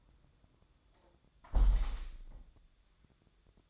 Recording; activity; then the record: daily activity, microphone in the room; close window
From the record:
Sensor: 3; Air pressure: 1004.6 hPa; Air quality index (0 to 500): 98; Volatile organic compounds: 3 ppm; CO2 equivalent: 1515 ppm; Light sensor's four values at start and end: 7/16/6/6 and 7/16/6/6